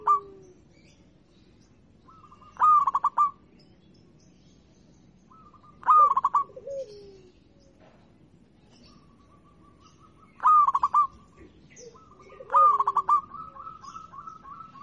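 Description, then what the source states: Zebra dove song: short stuttering bursts of rapid cooing notes repeated every two to five seconds, with a faint lower gliding note. Local (lokal) type, singing.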